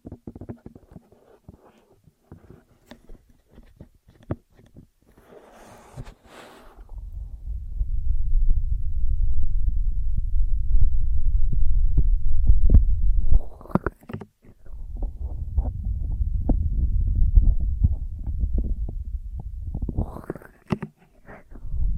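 Ear massage and cleaning: a dull, muffled low rumble of fingers rubbing over the ear, broken into bursts. The first seven seconds hold scattered soft taps and crackles, then steady rubbing runs to the end with two brief breaks near 14 and 20 seconds.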